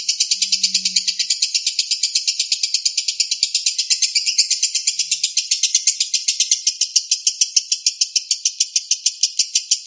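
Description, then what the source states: Lovebird chatter: a continuous high rattling trill of fast repeated pulses, with a brief low hum near the start. Song style called konslet.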